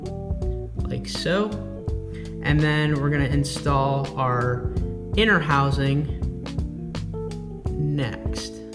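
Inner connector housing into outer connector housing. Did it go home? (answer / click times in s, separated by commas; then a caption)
no / none. The plastic inner housing of a KTM/Husqvarna fuel injector connector is handled next to its outer housing, ready to be pushed in until it clicks into position. Someone talks over guitar music, with a few faint handling taps. Nothing has seated or clicked yet.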